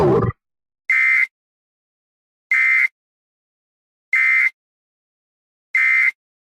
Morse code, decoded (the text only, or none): none